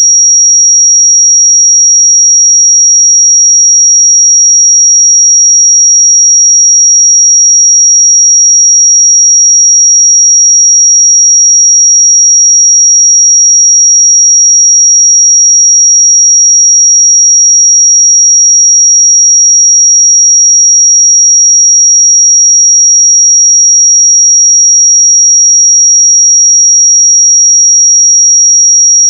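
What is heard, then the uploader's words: A pure sine tone at 5674 Hz holds perfectly steady for the whole half minute, a thin, bright whistle with no wavering in pitch or loudness. Nothing else sounds beneath it; the background is silent. 5674 Hz 1 Hz Interval Sine Pure Tone Frequency 441000 Sample Mono.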